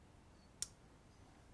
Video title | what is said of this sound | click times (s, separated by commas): Simple but accurate N-type Connector pin gauge 001 | Three clicks. | 0.6 s